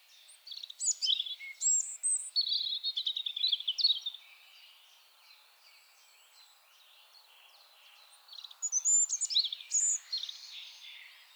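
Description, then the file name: European robin singing a long rippling phrase of high fluting notes and fast twitters, a pause of several seconds, then a second bright, jumbled phrase. "Erithacus rubecula"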